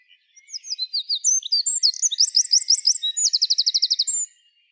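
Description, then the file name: Eurasian wren, one loud song phrase of quick piercing notes building into a machine-gun trill, about four seconds long. "Troglodytes troglodytes"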